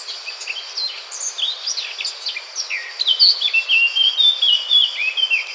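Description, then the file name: Eurasian blackcap song: hurried scratchy warbling for three seconds, then a loud, flowing string of pure fluty whistles that step down in pitch. "Sylvia atricapilla"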